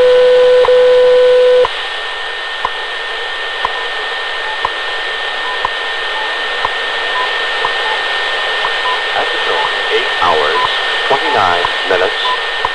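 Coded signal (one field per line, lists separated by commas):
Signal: radio time signal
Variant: WWV and BPM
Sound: steady 500 Hz tone ends, then sharp ticks every second over hissing shortwave static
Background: radio static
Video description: WWV (Fort Collins, Colorado) and what I believe is BPM (Xi'an, China) as well as a second time signal beep I don't recognize heard alongside the other two. Recieved on 10 MHz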